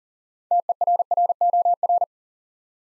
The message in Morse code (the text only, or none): TERROR